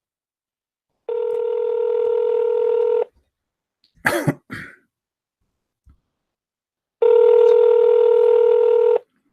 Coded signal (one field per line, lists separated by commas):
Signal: telephone call progress tone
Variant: North America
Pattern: ringback tone